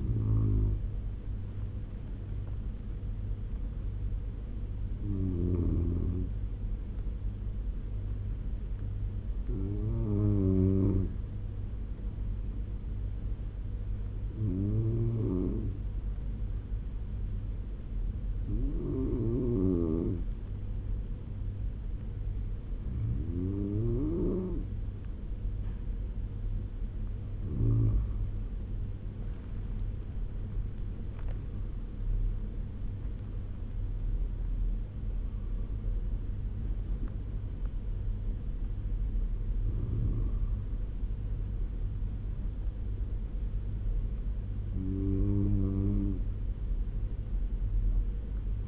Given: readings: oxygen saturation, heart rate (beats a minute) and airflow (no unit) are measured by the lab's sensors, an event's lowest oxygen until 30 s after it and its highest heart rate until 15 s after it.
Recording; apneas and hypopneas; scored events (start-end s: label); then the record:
breathing in sleep by a smartphone at the bedside; 1
9.00-27.50 s: hypopnea (N1, oxygen 96% highest, then 93% lowest, heart rate 73 at the start, 91 highest)
From the record:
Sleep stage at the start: N1 (lightest sleep); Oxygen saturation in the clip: 93 to 96%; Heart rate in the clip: 72 to 91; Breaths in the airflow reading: 11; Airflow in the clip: -9.1 to 10.9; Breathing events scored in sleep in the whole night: 201 in 6.5 hours asleep